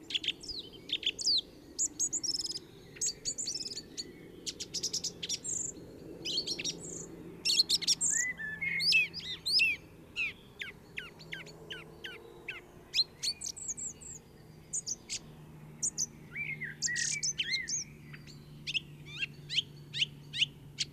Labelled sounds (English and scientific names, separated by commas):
Song Thrush (Turdus philomelos) song